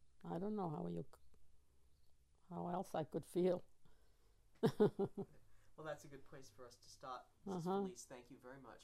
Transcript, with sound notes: I don't know how you, how else I could feel. ( she laughs )
Well, that's a good place for us to stop.
Uh-huh.
Mrs. Felice, thank you very much...